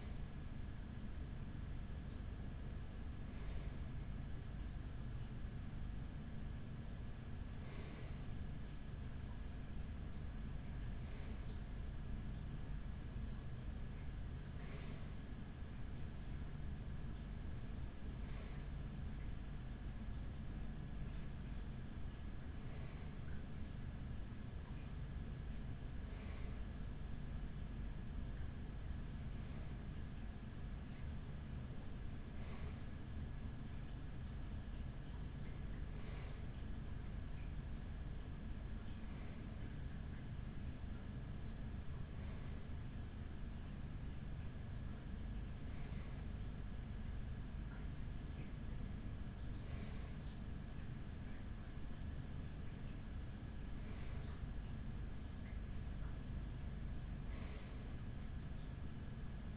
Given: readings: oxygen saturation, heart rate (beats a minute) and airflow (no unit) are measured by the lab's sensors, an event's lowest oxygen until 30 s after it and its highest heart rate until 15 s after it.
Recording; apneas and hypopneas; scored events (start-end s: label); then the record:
breathing in sleep by a smartphone at the bedside; none
none scored
From the record:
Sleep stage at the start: REM sleep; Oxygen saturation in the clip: 95 to 96%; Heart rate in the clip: 43 to 47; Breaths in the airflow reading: 17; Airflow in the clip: -6.2 to 4.9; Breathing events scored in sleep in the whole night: 207 in 7.6 hours asleep